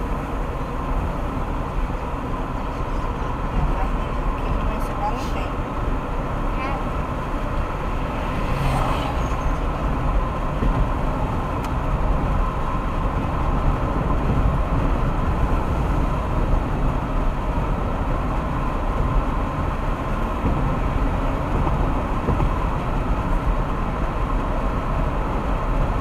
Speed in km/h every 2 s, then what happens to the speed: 71, 71, 72, 74, 75, 75, 75, 78, 77, 77, 78, 79, 79.
0-26 speeds up to 79.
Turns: none.